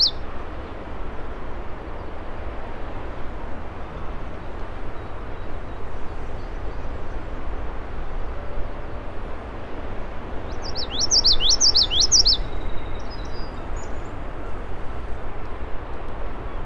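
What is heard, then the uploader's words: A Common Yellowthroat sings one quick, bright burst of chirps near the eleventh second over a steady, dense wash of low rushing noise. Common Yellowthroat at Blueberry Hill, Schoodic Div., Acadia National Park at 7:04am. Fostex FR2 recorder, Sennheiser ME66 short shotgun mic.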